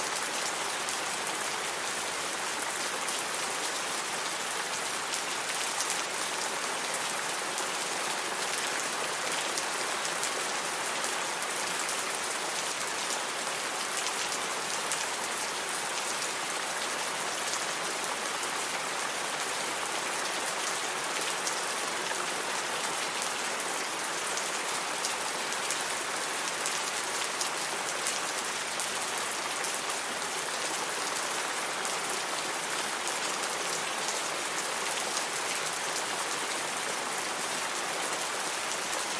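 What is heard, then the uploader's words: Steady, dense rain falls without pause, a bright close hiss of countless drops pattering on a surface, unchanging throughout with little low rumble. Satisfying Rain Sounds.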